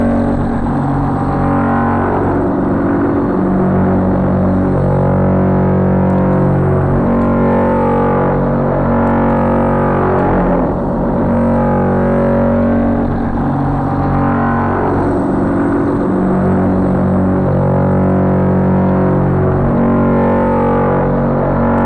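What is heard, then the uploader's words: A drill runs without pause while boring a hole in the exterior wall of a basement, its motor a dense, steady low whine and grind. The pitch dips and recovers every few seconds, around 3, 10 and 15 seconds, as the bit bites harder. The sound of Willy drilling a hole in the exterior wall of the basement to put in a new spigot. Recorded by Dan Bodah in his kitchen, Brooklyn NY, March 2009.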